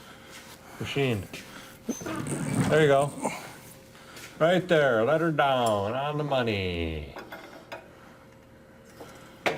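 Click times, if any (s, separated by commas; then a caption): 9.5 s. An engine and 3-speed transmission for a 68 GMC truck is lowered by hoist onto its rubber-and-steel motor mount in the truck frame while someone talks. At 9.5 s a sharp click is heard as the motor mount pops into the frame mount bracket, and the mount is seated.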